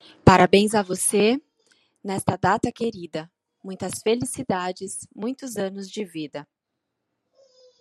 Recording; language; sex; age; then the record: short text; Brazilian Portuguese; female; 30 to 39 years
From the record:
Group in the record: control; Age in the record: 36 years